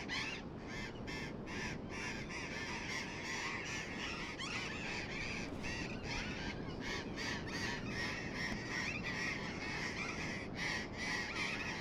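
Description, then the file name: Burrowing parrot calls, raucous rasping squawks repeated rapidly and unevenly, several birds overlapping, with a constant low background rumble. "tomas miguel - loros barranqueros"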